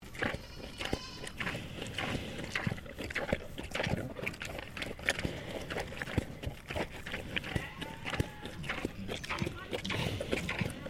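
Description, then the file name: Landrace pig eating: continuous crunchy chewing and smacking, broken by sharp bites across the whole stretch. Landrace pig eating peaches. "ANIMAL PIG LANDRACE PEACHES EATING SEQUENCE"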